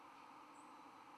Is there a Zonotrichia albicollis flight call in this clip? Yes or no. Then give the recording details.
no. Another species' flight call is heard. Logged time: 21:41 on 10 November 2014